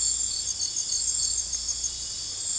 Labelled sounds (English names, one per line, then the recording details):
none
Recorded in dense forest near Puerto Asís, Putumayo, Colombia, on 16 December 2024 at 01:30
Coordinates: 0.466, -76.327
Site G075